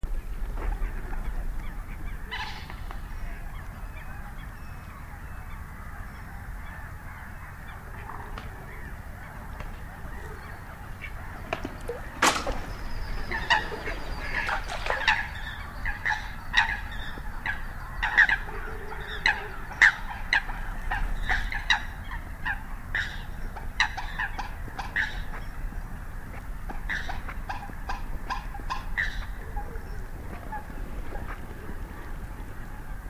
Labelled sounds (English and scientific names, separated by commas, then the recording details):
Common Moorhen (Gallinula chloropus) call
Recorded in the wild
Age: adult
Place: Kützerhof, Kummerower See, Mecklenburg-Vorpommern, DE
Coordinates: 53.8494, 12.8836
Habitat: wetland
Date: 2011-04-19
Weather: clear, full moon, 10°C, weak northerly winds
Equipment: Sound Devices 702, Sennheiser MKH 70, Rycote Windschutz
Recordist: Frommolt, Karl-Heinz